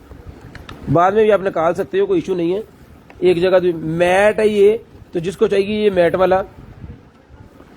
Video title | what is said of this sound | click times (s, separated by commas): container items 12.03.2022 | इसको मैं अगर प्रेस करूंगा ना तो ये जो टक से लगे हुए हैं इसके अंदर इसने जाके बैठ जाना है। | 0.6 s, 0.7 s